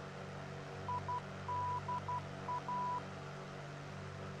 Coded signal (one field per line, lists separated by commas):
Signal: Morse code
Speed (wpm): 12 wpm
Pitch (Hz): 990 Hz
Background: none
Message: IDA